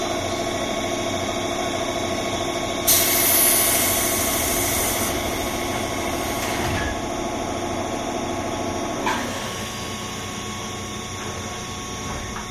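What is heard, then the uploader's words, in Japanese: A JR 201-series train hums steadily with several fixed tones running underneath. Around the third second a loud airy hiss bursts in for about two seconds, and near the nine-second mark a sharp click comes as the hum shifts lower and quieter. JR201系 桃谷〜桃谷。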